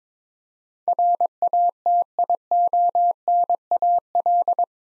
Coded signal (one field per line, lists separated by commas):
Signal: Morse code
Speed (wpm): 22 wpm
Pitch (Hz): 700 Hz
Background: none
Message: RATIONAL